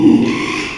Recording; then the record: squeal of a Yucatan mini pig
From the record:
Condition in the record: after surgery on the right vocal fold (resection and tissue-engineered implant); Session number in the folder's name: 1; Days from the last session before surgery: 6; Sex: male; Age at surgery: 12 weeks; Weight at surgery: 13 kg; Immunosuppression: cyclosporine, prednisolone